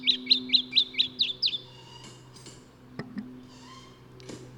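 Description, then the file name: Lemon-bellied flyrobin calling: a fast string of seven high chips, then quiet with a few faint clicks and soft noises. "Microeca Flavigaster"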